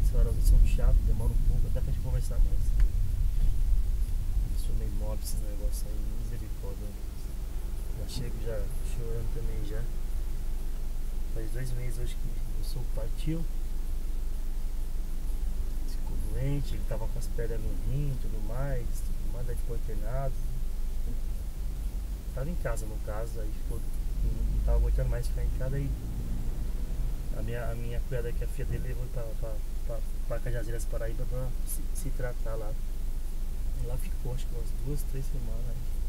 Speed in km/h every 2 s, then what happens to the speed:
23, 14, 7, 2, 0, 0, 0, 0, 0, 0, 0, 0, 0, 2, 0, 0, 0, 0.
0-6 brakes to 2. 6-36 standing.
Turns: none.